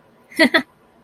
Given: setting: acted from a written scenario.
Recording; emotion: vocal sound without words; amusement